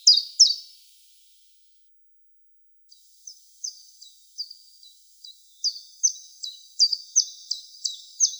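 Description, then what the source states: Common chiffchaff song of bright, high notes: two loud notes, a silence, then a rhythmic string of repeated notes growing louder toward the end. East European subspecies.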